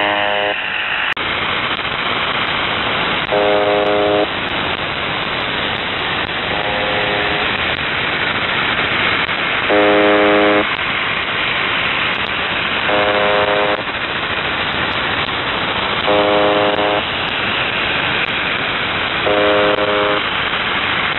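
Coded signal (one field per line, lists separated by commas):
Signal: channel marker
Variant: UVB-76 (The Buzzer)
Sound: seven harsh low buzzes, about one second each, repeating every three seconds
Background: radio static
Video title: The Buzzer/UVB-76(4625Khz) February 20th 2022 Voice messages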